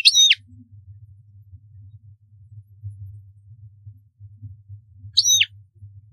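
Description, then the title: European goldfinch giving two short, high, twittering bursts about five seconds apart over a steady low hum. "Chant Chardonneret"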